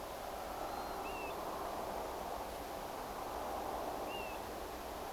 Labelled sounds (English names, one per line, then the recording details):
Northern Lapwing
European Golden Plover
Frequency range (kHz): Northern Lapwing 3.8-4.6 kHz; European Golden Plover 2.4-3.6 kHz
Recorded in France